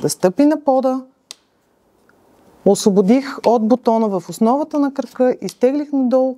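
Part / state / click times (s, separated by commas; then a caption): support leg of a child car seat extending to the car floor / not seated / none. Someone talks while the support leg of a child car seat is pulled down to the car floor after its release button is pressed. A sharp tap is heard at 1.3 s and a fainter one at 2.1 s, followed by more talking. The support leg has not clicked into place yet.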